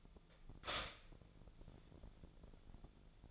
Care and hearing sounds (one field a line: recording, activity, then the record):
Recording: daily activity, microphone in the room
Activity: stop toaster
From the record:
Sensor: 5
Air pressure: 1000.3 hPa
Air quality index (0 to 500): 122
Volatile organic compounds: 1 ppm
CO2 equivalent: 969 ppm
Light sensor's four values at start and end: 85/199/85/92 and 85/199/85/92